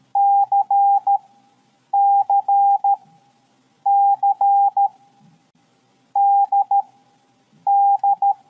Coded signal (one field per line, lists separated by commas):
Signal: Morse code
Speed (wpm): 13 wpm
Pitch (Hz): 800 Hz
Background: none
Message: CCC DD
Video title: 50. KOMUNIKASI - MORSE CODE #navy #psstldm #atm #tldm #navyreservist